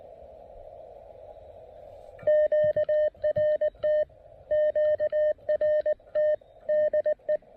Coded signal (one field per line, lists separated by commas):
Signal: Morse code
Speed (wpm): 19 wpm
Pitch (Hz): 610 Hz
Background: radio noise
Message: QRT QRT DE